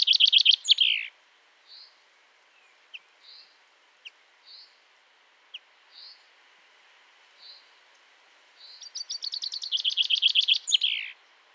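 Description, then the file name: Common chaffinch song: the tail of one phrase, then soft spaced notes and clicks, then a full rattling trill ending in a flourish. "Fringilla coelebs"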